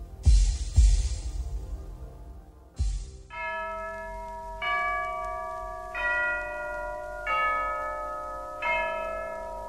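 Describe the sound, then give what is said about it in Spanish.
Church bells toll: a few heavy, clanging strokes open, then a steady series of resonant bell strikes about every second and a half, each leaving bright, lingering overtones ringing out. “Ya doblan las campanas.”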